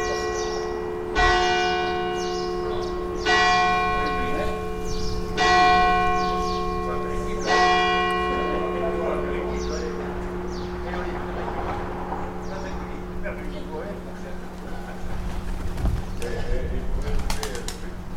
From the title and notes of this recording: The bells of the Notre-Dame-de-l'Assomption in Sérignac-sur-Garonne. Recorded with Sony PCM D50.